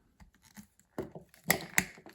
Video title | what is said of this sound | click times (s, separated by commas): Studio Series, Rise of the Beasts, Leader Class: Optimus Primal. | there you go. Once you hear that click, you're good to go. And that is locked in | 1.5 s, 1.8 s